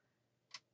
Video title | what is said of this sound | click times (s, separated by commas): Threading the Brother 1034D Serger Tutorial | the guide again hear that click | 0.5 s